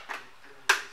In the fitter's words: çıt diye kapanıyor.